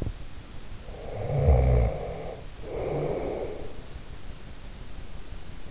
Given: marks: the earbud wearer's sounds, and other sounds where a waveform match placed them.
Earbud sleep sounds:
sounds in sleep by an in-ear microphone; snoring breath
0.90-3.98 s: snoring breath

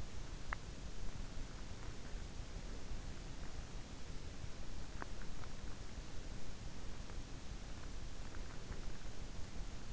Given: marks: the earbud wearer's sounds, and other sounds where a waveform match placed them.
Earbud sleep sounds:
sounds in sleep by an in-ear microphone; teeth grinding
0.00-1.17 s: teeth grinding
4.77-5.20 s: teeth grinding

